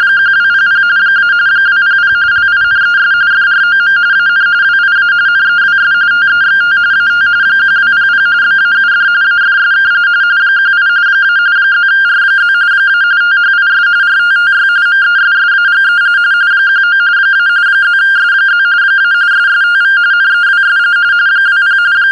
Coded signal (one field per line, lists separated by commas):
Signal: RTTY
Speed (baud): 45.45 baud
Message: 1200 - 200 LINES FROM AN WIA NEWS TEXT AT 1200 BAUD AFSK 18 - +R+ - THIS RTTY MESSAGE 19 - +S+ - SSTV NEWS 20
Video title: "Parrot" Simplex Repeater demonstration (with RTTY, SSTV)